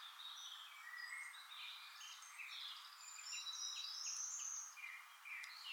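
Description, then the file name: European robin singing high, scattered twittering notes and short trills over a steady background hiss. "Erithacus rubecula"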